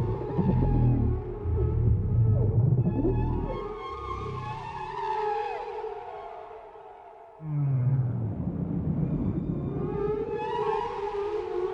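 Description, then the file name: Whales moaning together, low pulsing rumbles under overlapping wavering tonal cries, with a quiet lull near the middle before the chorus swells again. Chorus of several whales. "Chorus of Whales"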